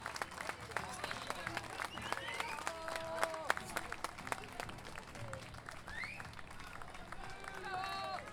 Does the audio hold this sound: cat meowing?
no